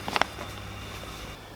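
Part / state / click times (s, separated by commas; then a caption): air tube connector ends on a medical air mattress / seated / 0.2 s. The two ends of a disconnected air tube on a pressure-relief medical air mattress are pushed together, and the plastic connector snaps audibly at 0.2 s and 0.2 s, after a faint tap at 0.1 s. The connector is seated, followed by a low steady hum.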